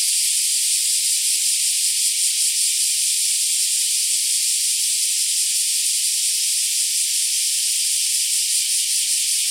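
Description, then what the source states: Black cicadas producing a continuous shrill buzz, even in loudness from start to end, with no other sounds. Several black cicadas calling together.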